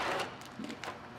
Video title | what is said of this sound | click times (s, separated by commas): UIS Cribmaster Vending Replenishment Training | do it for you listen click okay so that's what you want to do there | 0.7 s, 0.8 s